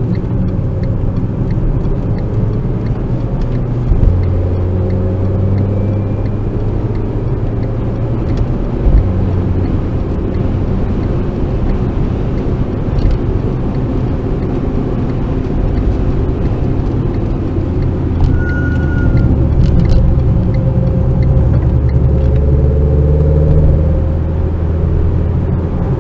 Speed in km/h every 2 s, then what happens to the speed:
50, 47, 71, 82, 91, 95, 97, 99, 93, 76, 67, 73, 84.
2-14 speeds up to 99. 14-19 brakes to 67. 19-26 speeds up to 84.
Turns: 17-26.